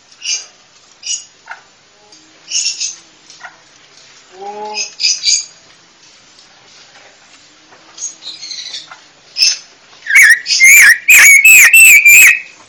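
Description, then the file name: Panca warna bird with soft scattered high chips, building to a loud whistled phrase of ringing notes in the last seconds. Indonesian songbird giving a loud, full song, described as ngeplong kencang. "Kicau Burung Panca Warna Ngeplong Kencang"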